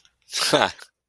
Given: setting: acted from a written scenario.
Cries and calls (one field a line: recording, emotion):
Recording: vocal sound without words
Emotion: amusement